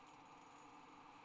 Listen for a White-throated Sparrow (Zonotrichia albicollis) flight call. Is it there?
no